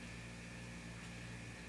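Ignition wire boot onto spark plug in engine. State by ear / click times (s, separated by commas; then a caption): not seated / none. A greased ignition wire boot is being handled onto a newly installed Bosch Double Iridium spark plug in a Jeep engine. Only a steady broadband hum with low tonal bands is heard, with no distinct transient. Nothing has seated or clicked yet.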